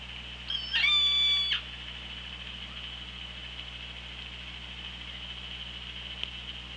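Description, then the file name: Orca call underwater: one bright harmonic call about a second long, then steady hiss and a single click. OrcaLab hydrophone, 24 August 2017, 15:53:33. "Orca Lab JASON 20170824 155333"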